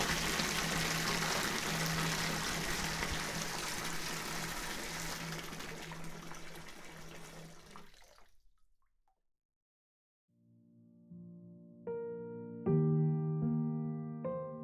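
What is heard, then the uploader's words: Water pours steadily into a bathtub for about eight seconds, a dense, rushing splash with a low hum underneath, then tapers off into near silence. After a short pause, a steady humming drone starts up and grows louder in stepwise jumps, ringing with several clear pitched tones. Filling Up the Bathtub.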